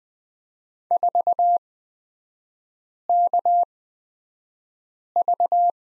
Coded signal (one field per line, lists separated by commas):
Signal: Morse code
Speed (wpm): 20 wpm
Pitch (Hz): 700 Hz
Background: none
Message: 4KV